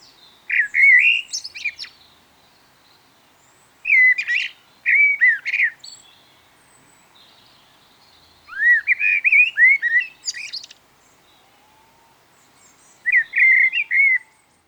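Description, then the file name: Common blackbird singing four separate phrases a few seconds apart, each a rich, fluting warble, some ending in thin, squeaky high twittering. "turdus merula nobles"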